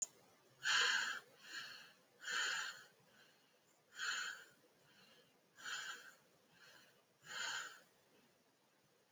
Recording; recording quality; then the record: shallow breathing; excellent, no background noise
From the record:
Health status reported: healthy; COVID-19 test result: negative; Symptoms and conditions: none ticked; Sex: female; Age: 35 years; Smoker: yes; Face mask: not worn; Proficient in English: yes